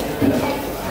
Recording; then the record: background sound without coughing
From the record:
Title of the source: 40 min - Ambience sounds UNIVERSITY lunchroom chatting